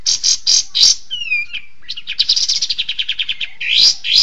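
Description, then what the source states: Bird singing loud chirps, a falling whistled slur, then a quick run of bright repeated notes and harsh final bursts. Tutor song used for training songbirds (masteran).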